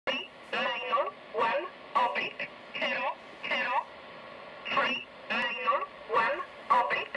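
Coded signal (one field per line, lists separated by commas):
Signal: numbers station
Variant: E07, English Man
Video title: Zahlensender E07 Nullmeldung mit Grundig, Eton Satellit 750, Tecsun S 2000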